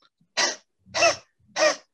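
Three short, breathy, airy exhalations, each under half a second, sounding like a dry throat clearing rather than a sharp cough. An adult demonstrates a huff (forced expiration technique) as the final airway-clearance exercise: seated and leaning slightly forward, a deep breath is taken and held, then pushed out forcefully with the larynx kept open, not the explosive burst of a true cough.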